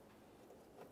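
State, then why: Not seated. A plastic locking clip for a rear air shock install on a 1999-2006 Chevrolet Silverado 1500 is handled up behind the heat shield as it is pressed toward its drilled hole. Only a steady low background hum with faint soft rustles around 0.5 and 0.8 seconds is heard. Nothing has seated or clicked yet.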